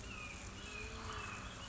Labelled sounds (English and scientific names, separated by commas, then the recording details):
Red-shouldered Hawk (Buteo lineatus)
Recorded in Sonoma County, California